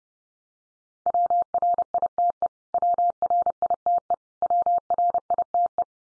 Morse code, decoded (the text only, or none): WRITE WRITE WRITE